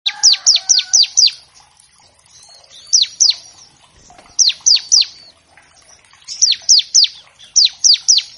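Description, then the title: Bar-winged Prinia song of loud, piercing downslurred whistles in rapid sets of two to five, separated by short pauses filled with quiet chatter. Singing actively; track used to train captive songbirds. "Ciblek Gacor Vs Kenari Gacor. Pancingan Ciblek bahan agar cepat bunyi"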